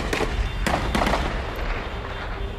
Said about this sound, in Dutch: Maar de schoten die nu klinken zijn uit geweren van de rebellen. En de loop is recht omhoog gericht. Vreugdevuur.